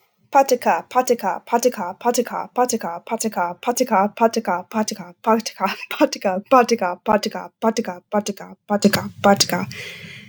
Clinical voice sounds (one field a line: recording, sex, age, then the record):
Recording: repeated syllables /pa ta ka/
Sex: female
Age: 20 to 29 years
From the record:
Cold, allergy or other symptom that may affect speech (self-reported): no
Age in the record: 27 years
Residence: Oklahoma, United States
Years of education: 17